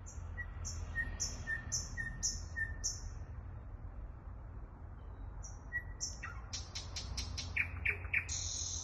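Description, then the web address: Thrush nightingale song: high whistles alternating with low piping notes, a gap, then more whistles, a burst of hard clicks and a loud stuttering series. Song recorded in Kaluga. "luscinia luscinia canto del ruisenor en kaluga"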